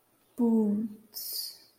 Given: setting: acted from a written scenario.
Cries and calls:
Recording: vocal sound without words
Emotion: shame

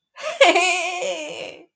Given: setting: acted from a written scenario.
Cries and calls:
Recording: vocal sound without words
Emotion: triumph

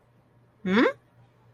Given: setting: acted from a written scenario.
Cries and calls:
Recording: vocal sound without words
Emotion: confusion

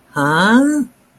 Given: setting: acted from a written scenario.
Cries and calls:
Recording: vocal sound without words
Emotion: confusion

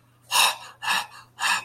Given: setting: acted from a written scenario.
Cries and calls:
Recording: vocal sound without words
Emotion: fear

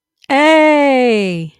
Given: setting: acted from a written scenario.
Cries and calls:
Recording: vocal sound without words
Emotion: elation

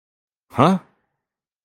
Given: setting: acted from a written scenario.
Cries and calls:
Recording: vocal sound without words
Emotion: confusion

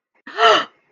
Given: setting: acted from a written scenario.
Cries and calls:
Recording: vocal sound without words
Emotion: pain

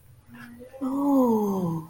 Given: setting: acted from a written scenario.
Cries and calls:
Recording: vocal sound without words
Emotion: realization

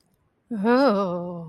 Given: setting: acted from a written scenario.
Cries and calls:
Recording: vocal sound without words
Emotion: desire

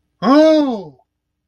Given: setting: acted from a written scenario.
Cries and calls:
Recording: vocal sound without words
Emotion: negative surprise

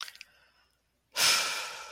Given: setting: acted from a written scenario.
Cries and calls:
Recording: vocal sound without words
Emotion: serenity

